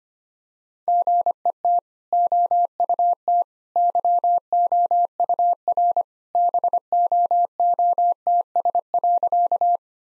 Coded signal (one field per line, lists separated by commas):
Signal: Morse code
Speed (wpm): 25 wpm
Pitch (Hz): 700 Hz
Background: none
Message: GET OUT YOUR BOOTS.